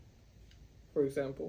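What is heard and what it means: The cocking tab of a plastic blood-glucose lancing device is being pulled back to latch it, with only a faint, quiet background until someone talks near the end. Nothing has latched or clicked yet.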